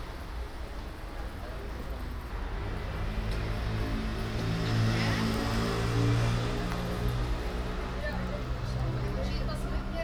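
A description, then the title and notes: A walk through the city, with a steady low engine-like hum running throughout and a faint murmur of voices underneath. The hum swells slightly around the middle, near five to six seconds, then settles back, with a few light ticks scattered above it. A walk through the city - part 3 The Hague. Recordings made with a Zoom H2 with extra SP-TFB-2 binaural microphones during the Queensnight ('Koninginnenach') in The Hague. Cafe's at de Grote markt.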